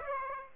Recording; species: mosquito wingbeat signal from an infrared sensor; Aedes aegypti